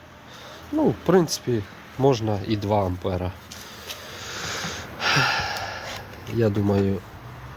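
A rechargeable battery pack is being handled toward a cordless pruning shears while someone talks in short bursts, with a brief sniff-like breath and a soft rustle around 5 seconds. Nothing has seated or clicked yet; the clip ends before the pack goes home.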